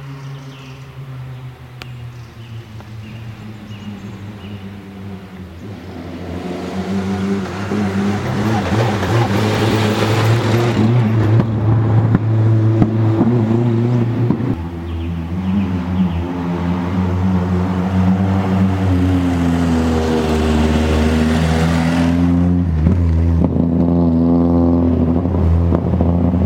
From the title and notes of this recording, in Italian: Rally nella Riserva Naturale del Pigelleto. Video testimonianza dell'attraversamento della Riserva Naturale del Pigelleto ( Piancastagnaio - SI ) del Rally della Val D'Orcia.